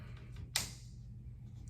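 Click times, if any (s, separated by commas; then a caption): 0.6 s. The last wheel and leg assembly of a ProBasics RLAA8 8-inch adjustable height rollator is fitted into its threaded receptacle on the frame and locked. A sharp click is heard at 0.6 s over a low background hum, confirming the wheel leg is locked into place.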